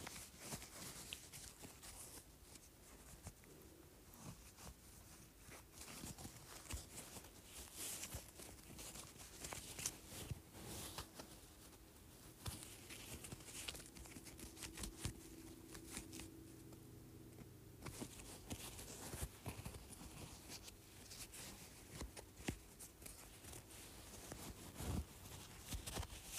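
Felt circle sounds: a steady run of soft, brushing and tapping strokes, dense and fairly even in pace. Bright crisp scratches flicker throughout over a low, muffled rubbing, with a smoother humming stretch around the middle and sharper taps near the end.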